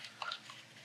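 A cooler cable connector is handled while being plugged into a motherboard header. A few faint plastic scrapes and rustles are heard, with one brief tap near 0.2 seconds. The clip ends before the connector goes home, so nothing has seated or clicked yet.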